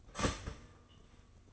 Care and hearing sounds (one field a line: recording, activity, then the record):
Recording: daily activity, microphone in the room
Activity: start toaster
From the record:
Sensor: 4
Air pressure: 1005.0 hPa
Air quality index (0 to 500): 187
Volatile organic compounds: 5 ppm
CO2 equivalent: 1834 ppm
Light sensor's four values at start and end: 17/57/21/20 and 17/57/21/20